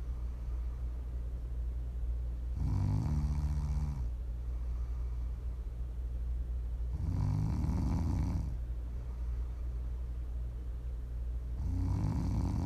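An adult snoring in sleep, ASMR-style: three low, rumbling snores at regular intervals, roughly 13 a minute, over a steady low background hum.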